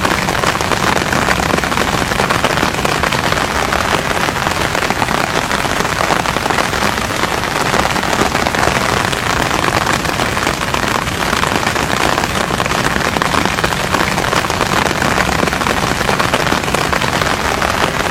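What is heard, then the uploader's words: Rain falls steadily on banana leaves, a dense, even patter with countless drops tapping the broad leaf surfaces. The level holds constant for the whole stretch, bright and crackling with a soft low rumble beneath, and no distinct events break through. The sound of rain on banana leaves.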